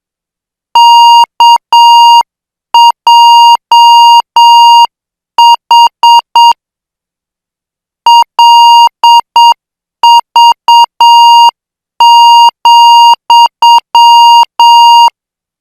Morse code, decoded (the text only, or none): KJH LV,